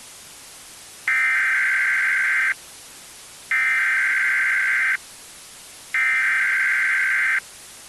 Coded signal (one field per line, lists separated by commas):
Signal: Emergency Alert System (SAME) tones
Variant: header bursts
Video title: EAS Emergency: Deadly Soda (Nine EAS Alerts!)